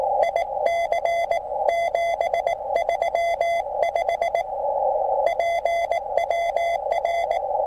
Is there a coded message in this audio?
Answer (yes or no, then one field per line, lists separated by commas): yes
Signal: Morse code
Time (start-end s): 0.2-7.4 s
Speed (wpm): 18 wpm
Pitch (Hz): 680 Hz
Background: radio noise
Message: IC 735 PWR